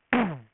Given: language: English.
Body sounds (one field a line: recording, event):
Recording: throat vibration sensor signal played as sound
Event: throat clearing